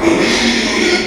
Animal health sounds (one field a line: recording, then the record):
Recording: squeal of a Yucatan mini pig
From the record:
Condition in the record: after surgery on the right vocal fold (resection and tissue-engineered implant)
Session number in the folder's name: 2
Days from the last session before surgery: 13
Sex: male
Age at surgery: 12 weeks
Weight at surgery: 13 kg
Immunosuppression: cyclosporine, prednisolone